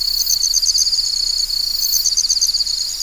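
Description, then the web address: Cricket chirping: a steady, high-pitched pulsed trill of rapid click trains at constant pitch, with a fainter higher band above. African jungle setting. "Roland LCDP 11 Africa VOL-1 SFX Afro Jungle AN Crickets"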